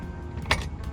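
A wheelchair tie-down restraint in a 2010 Volkswagen Caddy wheelchair accessible vehicle is pressed down and pushed forward into its slot in the floor rail. A sharp click sounds at 0.5 s over a steady low background. The restraint is seated and locked in the rail.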